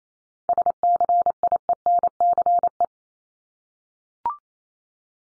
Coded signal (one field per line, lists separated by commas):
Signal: Morse code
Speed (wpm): 28 wpm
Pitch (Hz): 700 Hz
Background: none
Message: SCIENCE